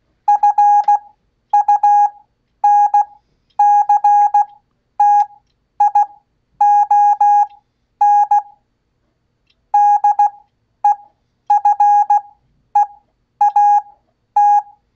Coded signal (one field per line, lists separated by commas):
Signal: Morse code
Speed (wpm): 16 wpm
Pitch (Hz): 820 Hz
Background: none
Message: FUNCTION DEFEAT